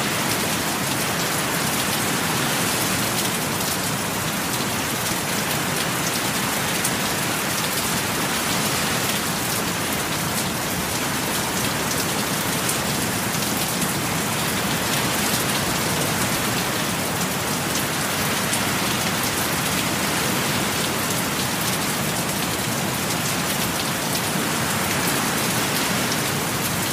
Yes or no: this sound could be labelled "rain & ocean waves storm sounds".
yes